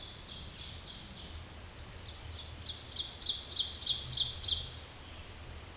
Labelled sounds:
Ovenbird song
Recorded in a Pennsylvania forest on 17 May 2023 at 13:01
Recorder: AudioMoth, point grid1_30_low
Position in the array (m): 223 m, 50 m

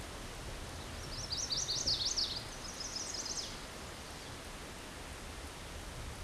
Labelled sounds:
Chestnut-sided Warbler song
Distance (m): 30 m
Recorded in a Pennsylvania forest on 17 May 2023 at 14:14
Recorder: AudioMoth, point grid1_19_low
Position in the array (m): 74 m, 217 m

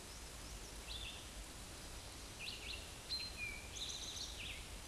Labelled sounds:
Eastern Towhee song
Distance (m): 45 m
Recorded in a Pennsylvania forest on 17 May 2023 at 12:10
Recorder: AudioMoth, point grid1_37_low
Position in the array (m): 115 m, 214 m

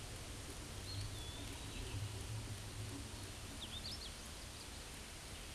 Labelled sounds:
Hooded Warbler song
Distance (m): 20 m
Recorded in a Pennsylvania forest on 18 May 2023 at 11:03
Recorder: AudioMoth, point grid1_31_low
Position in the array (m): 149 m, 109 m

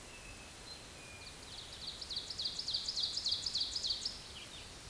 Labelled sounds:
Ovenbird song
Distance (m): 45 m
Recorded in a Pennsylvania forest on 17 May 2023 at 13:25
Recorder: AudioMoth, point grid1_2_low
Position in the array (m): 148 m, 64 m

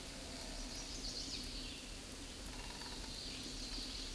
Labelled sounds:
Scarlet Tanager song
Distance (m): 30 m
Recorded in a Pennsylvania forest on 19 May 2023 at 10:26
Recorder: AudioMoth, point grid1_7_low
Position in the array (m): 181 m, 82 m

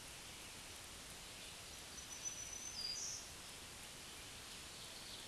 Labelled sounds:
Black-throated Green Warbler song
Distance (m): 40 m
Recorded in a Pennsylvania forest on 1 June 2023 at 06:07
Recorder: AudioMoth, point grid3_31_low
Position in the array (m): 135 m, 83 m

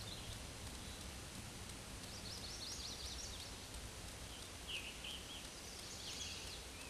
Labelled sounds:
Scarlet Tanager song
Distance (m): 105 m
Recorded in a Pennsylvania forest on 19 May 2023 at 11:49
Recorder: AudioMoth, point grid1_35_low
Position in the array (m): 135 m, 41 m

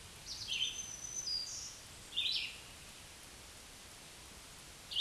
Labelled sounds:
Black-throated Green Warbler song
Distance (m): 25 m
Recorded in a Pennsylvania forest on 1 June 2023 at 07:06
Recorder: AudioMoth, point grid3_31_low
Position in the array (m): 130 m, 91 m

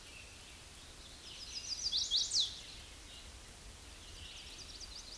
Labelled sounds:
Chestnut-sided Warbler song
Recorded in a Pennsylvania forest on 18 May 2023 at 09:05
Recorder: AudioMoth, point grid1_40_low
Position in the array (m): 146 m, 196 m

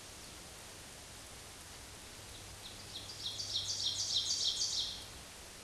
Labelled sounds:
Ovenbird song
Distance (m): 30 m
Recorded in a Pennsylvania forest on 17 May 2023 at 14:07
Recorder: AudioMoth, point grid1_6_low
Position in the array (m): 217 m, 21 m

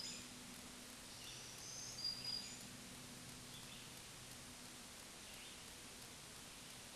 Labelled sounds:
Black-throated Green Warbler song
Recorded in a Pennsylvania forest on 1 June 2023 at 08:59
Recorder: AudioMoth, point grid3_17_high
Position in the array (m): 216 m, 140 m

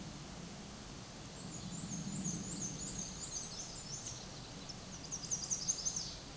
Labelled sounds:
Black-and-white Warbler song
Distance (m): 30 m
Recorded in a Pennsylvania forest on 18 May 2023 at 13:54
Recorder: AudioMoth, point grid1_28_low
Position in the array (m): 87 m, 46 m

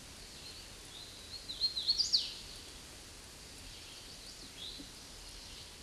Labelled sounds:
Hooded Warbler song
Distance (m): 25 m
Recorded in a Pennsylvania forest on 18 May 2023 at 09:33
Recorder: AudioMoth, point grid1_7_low
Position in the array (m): 172 m, 84 m

